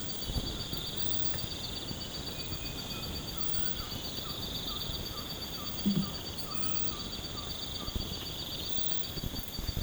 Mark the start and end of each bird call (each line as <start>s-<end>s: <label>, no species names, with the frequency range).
2.94s-7.96s: bird call (0.6-1.9 kHz)